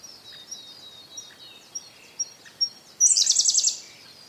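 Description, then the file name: Siberian blue robin singing: spaced soft tick notes lead into a strong, fast, high trill of several pulses, over a background of thin birdsong. "koruri"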